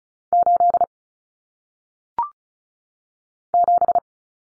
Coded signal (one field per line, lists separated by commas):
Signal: Morse code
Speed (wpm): 36 wpm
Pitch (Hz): 700 Hz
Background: none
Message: 8 7